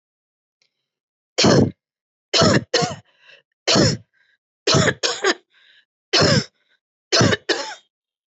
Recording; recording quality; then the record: heavy voluntary cough; excellent, no background noise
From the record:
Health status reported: healthy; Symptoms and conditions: none ticked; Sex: female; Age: 48 years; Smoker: not ticked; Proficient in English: yes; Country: India